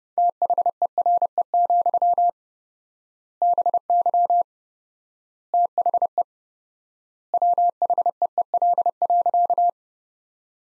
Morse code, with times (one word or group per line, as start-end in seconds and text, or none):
0.2-2.3 THERE,
3.4-4.4 BY
5.5-6.2 THE
7.3-9.7 WHEEL.